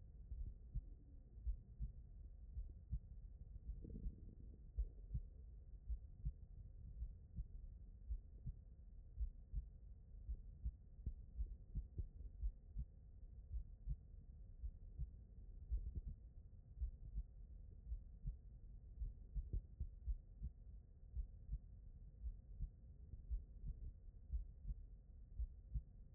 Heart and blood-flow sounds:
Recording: heart sounds by stethoscope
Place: aortic valve (AV)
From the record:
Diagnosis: non-HFrEF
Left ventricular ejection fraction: 67%

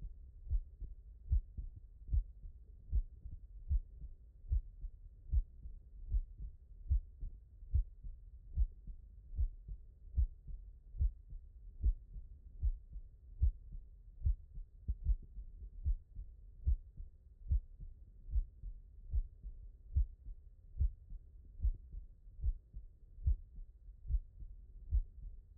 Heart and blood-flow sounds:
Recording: heart sounds by stethoscope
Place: tricuspid valve (TV)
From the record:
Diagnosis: non-HFrEF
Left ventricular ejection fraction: 79%

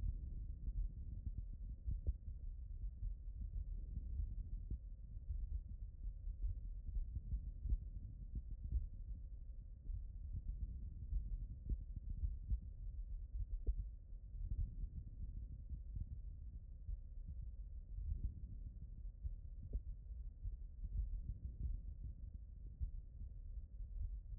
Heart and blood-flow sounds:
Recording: heart sounds by stethoscope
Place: aortic valve (AV)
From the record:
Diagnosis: non-HFrEF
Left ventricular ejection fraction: 69%

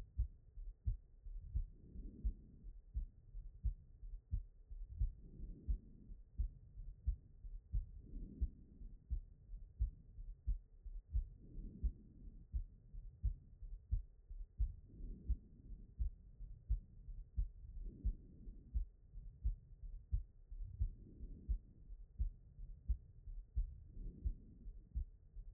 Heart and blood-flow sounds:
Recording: heart sounds by stethoscope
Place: pulmonary valve (PV)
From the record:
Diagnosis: HFrEF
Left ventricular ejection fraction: 23%

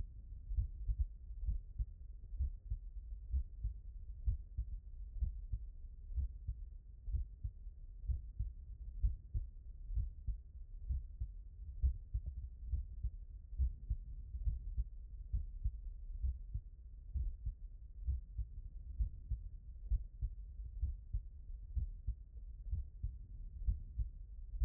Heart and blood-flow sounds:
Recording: heart sounds by stethoscope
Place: mitral valve (MV)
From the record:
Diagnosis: non-HFrEF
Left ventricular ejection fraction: 66%

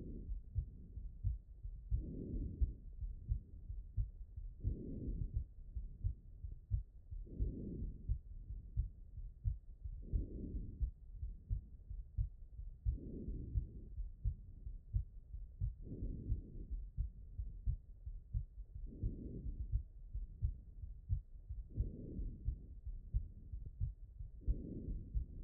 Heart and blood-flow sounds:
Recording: heart sounds by stethoscope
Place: aortic valve (AV)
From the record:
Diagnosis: HFrEF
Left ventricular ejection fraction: 25%

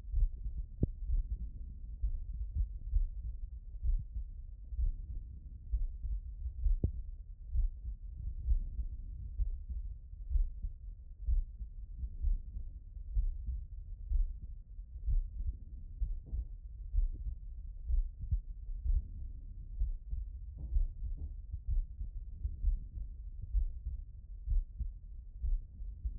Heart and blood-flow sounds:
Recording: heart sounds by stethoscope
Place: tricuspid valve (TV)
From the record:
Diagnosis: non-HFrEF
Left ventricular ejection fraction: 68%

